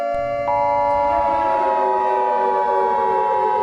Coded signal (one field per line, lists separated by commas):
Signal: Emergency Alert System (SAME) tones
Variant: 853 and 960 Hz attention tone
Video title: EAS Scenario: The Savior